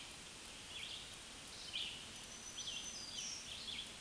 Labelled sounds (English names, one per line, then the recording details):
Black-throated Green Warbler song
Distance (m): 50 m
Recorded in a Pennsylvania forest on 1 June 2023 at 05:43
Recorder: AudioMoth, point grid3_7_high
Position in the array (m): 140 m, 30 m